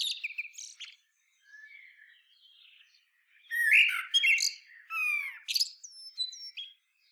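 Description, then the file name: Common blackbird song: fluty warbled phrases mixed with high squeaky twittering notes, with short pauses between bursts. "Turdus merula"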